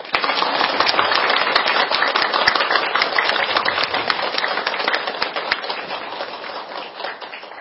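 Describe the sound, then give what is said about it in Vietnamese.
An audience at a Buddhist dharma talk claps in a long, dense round of applause to welcome the venerable lecturer Quang Lâm of Trình Thủy pagoda, steady and loud for several seconds before easing off slightly at the end. No one speaks over it. “Xin được cung kính giới thiệu cùng với Phật tử, đề nghị cho một tràng pháo tay thật dài để cung đón Thượng tọa giảng sư Quang Lâm chùa Trình Thủy.”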